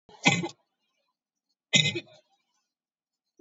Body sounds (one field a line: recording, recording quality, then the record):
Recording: heavy voluntary cough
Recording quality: excellent, no background noise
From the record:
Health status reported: COVID-19 positive, moderate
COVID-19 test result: positive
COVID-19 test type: RT-PCR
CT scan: not taken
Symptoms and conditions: cough, cold, sore throat, fever, fatigue, muscle pain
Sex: female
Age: 30 years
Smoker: no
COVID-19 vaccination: none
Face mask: worn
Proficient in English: yes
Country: India